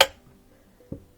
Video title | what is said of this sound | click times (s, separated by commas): ✨ Miele Dishwasher F-08 Error - 3 Easy FIXES & Diagnostic Tests ✨ | there we go it's that nice and flat we can put this back on pull it till it clicks | 0.0 s